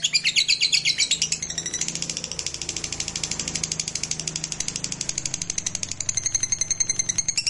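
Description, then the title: Lovebird pouring out a long, rapid, ratcheting trill of high, scratchy notes, gently fluctuating in pitch and never pausing. Fighter-type lovebird giving a long ngekek trill. "Suara Lovebird FIGHTER NGEKEK PANJANG"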